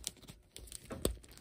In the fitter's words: Here, till you hear it pop, click, and there you go.